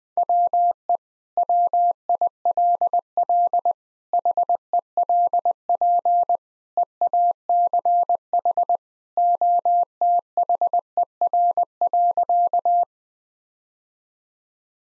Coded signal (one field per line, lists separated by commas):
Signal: Morse code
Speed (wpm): 20 wpm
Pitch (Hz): 700 Hz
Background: none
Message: WE WILL HELP EACH OTHER.